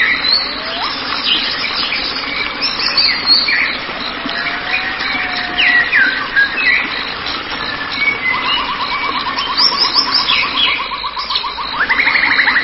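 White-rumped shama song: varied whistled phrases and sweeping notes, ending with a rapid buzzy trill and rising notes over a steady background hum.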